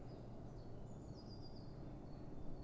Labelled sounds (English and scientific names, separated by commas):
Eurasian Blue Tit (Cyanistes caeruleus)